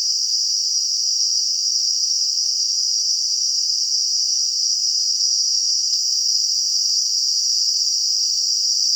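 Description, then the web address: Cicada call: a constant shrill buzz with no pauses, steady from start to end, with one faint click about six seconds in. In a garden. "WSPDatabase Analysis DVD Garden Cicadas"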